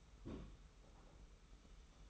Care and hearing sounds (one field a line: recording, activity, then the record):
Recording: daily activity, microphone in the room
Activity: place on stove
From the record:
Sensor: 1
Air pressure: 991.1 hPa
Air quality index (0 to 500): 91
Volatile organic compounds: 33 ppm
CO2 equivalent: 3024 ppm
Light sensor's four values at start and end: 36/116/46/47 and 36/116/46/47